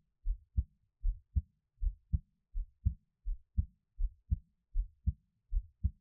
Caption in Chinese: 獻上我的心跳 | Give my Heartbeat | NO Talking。